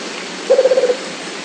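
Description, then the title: Rufous-capped motmot calling: one brief series of low, rapid hoots fading slightly at the end, against constant hissing background. "LuckyPassaro Completos2Sama. Rufous-capped Motmot (Baryphthengus ruficapillus)"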